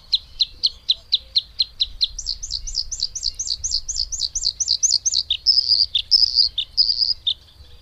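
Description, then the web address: Bluethroat song starting with steady ticking notes, building into a run of repeated looped phrases, then longer buzzy syllables. "agykontroll Madardalok Cd 3. Kékbegy"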